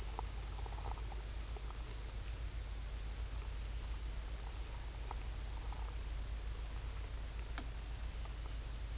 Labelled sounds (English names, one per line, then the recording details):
none
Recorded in secondary vegetation near Puerto Asís, Putumayo, Colombia, on 18 December 2024 at 15:30
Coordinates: 0.481, -76.318
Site G042